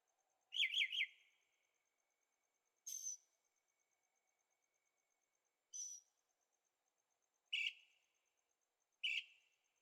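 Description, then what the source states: Bird song: a quick burst of three chirps, then two thin, hissy high notes and two single chirps, spaced a couple of seconds apart. Birds singing at night in Carefree, Arizona; recorded in stereo on a Zoom H6.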